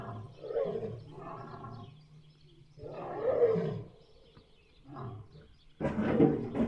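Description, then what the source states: Lion roars: two drawn-out groaning roars, then a shorter one and a sudden harsh burst at the end. Lion roaring heard from a distance.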